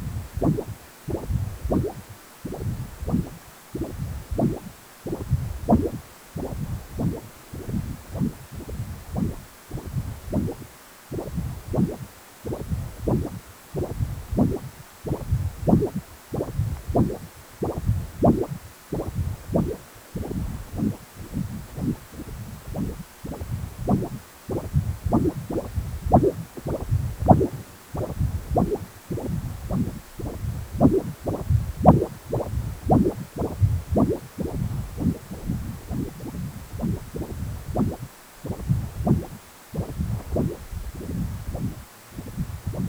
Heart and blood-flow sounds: Doppler ultrasound of blood flow; precordium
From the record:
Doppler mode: continuous wave and pulsed wave in the uncut recording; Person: healthy adult, 18 to 50 years, no heart murmur, not diving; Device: 2.5 MHz transducer

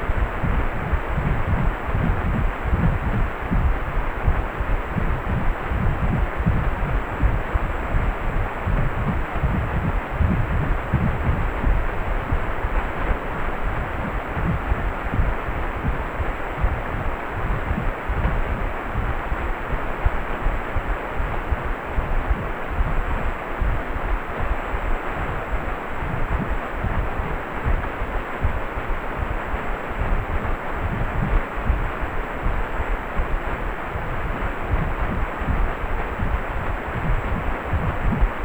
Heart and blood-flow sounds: Doppler ultrasound of blood flow; precordium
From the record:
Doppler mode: pulsed wave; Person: healthy adult, 18 to 50 years, no heart murmur, not diving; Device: 2.5 MHz transducer

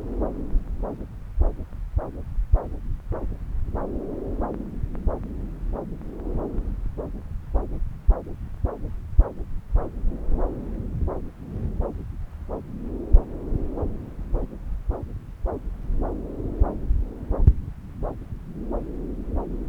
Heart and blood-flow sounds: Doppler ultrasound of blood flow; left subclavian vein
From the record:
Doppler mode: continuous wave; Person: adult scuba diver, at rest before a dive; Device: O'Dive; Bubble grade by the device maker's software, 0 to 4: 0

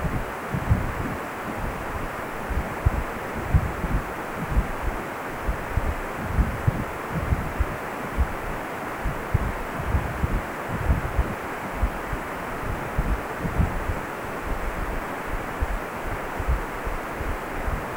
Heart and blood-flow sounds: Doppler ultrasound of blood flow; precordium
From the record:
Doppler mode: continuous wave and pulsed wave in the uncut recording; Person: healthy adult, 18 to 50 years, no heart murmur, not diving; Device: 2.5 MHz transducer

